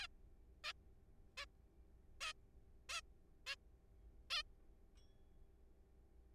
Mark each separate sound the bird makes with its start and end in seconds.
0.01-0.07, 0.64-0.73, 1.38-1.45, 2.21-2.33, 2.89-3.01, 3.47-3.55, 4.30-4.42